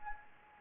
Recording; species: mosquito wingbeat signal from an infrared sensor; Anopheles gambiae